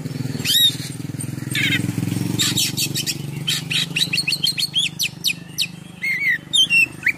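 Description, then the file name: Oriental magpie-robin song: a run of sharp high chirps, buzzy trills and whistled slurs in quick bursts, over a steady low engine hum. Full song in top singing form (gacor) with a rich repertoire of imitated phrases (full isian, mewah). "KACER GACOR FULL ISIAN MEWAH"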